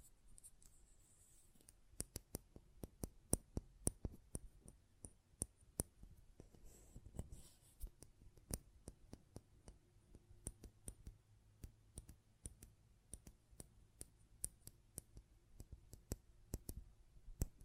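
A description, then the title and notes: Sharp metallic clicks and snips, heard close up, come in an irregular run through the whole clip, often several per second with brief pauses. A faint low hum sits underneath, and a thin high whine shows up near the start. ASMR Close Up Metallic Sounds (No Talking).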